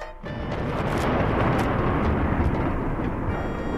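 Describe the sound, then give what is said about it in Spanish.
A deep, steady rumble of thunder rolls on for several seconds, loud and heavy in the low end, swelling quickly at the start and holding without pause. “Este es el sonido que el cielo hace cuando quiere llover.”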